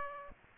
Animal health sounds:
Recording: mosquito wingbeat signal from an infrared sensor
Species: Aedes aegypti

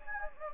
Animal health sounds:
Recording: mosquito wingbeat signal from an infrared sensor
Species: Anopheles gambiae

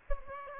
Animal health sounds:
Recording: mosquito wingbeat signal from an infrared sensor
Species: Aedes aegypti

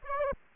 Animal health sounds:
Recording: mosquito wingbeat signal from an infrared sensor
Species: Aedes aegypti

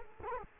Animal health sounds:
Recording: mosquito wingbeat signal from an infrared sensor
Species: Culex quinquefasciatus

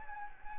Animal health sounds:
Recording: mosquito wingbeat signal from an infrared sensor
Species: Anopheles gambiae

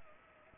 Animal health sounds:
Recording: mosquito wingbeat signal from an infrared sensor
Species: Culex pipiens

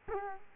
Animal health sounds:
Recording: mosquito wingbeat signal from an infrared sensor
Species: Culex quinquefasciatus

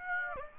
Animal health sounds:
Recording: mosquito wingbeat signal from an infrared sensor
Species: Aedes aegypti

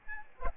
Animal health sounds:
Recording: mosquito wingbeat signal from an infrared sensor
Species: Aedes albopictus

